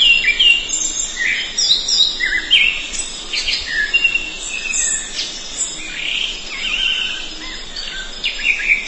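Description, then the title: Thrush singing a busy, varied phrase of sharp chirps and slurred whistles without pause, over steady background noise. "burung anis x"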